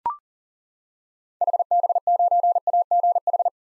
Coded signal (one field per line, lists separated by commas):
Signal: Morse code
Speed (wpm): 38 wpm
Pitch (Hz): 700 Hz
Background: none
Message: HB9AGH